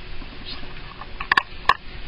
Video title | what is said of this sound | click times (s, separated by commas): Laptop screen replacement / How to replace laptop screen [Toshiba Satellite A215-S4757] | the bezel snaps back in place a lot easier than it came off and | 1.3 s, 1.4 s, 1.7 s